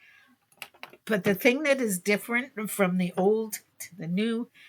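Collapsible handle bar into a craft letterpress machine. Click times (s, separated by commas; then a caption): 0.6 s, 0.8 s. A small bar of the collapsible handle on a letterpress-style craft press is straightened and inserted into its socket, and it seats. Sharp clicks are heard at 0.6 s and 0.8 s as it clicks into place, followed by someone talking.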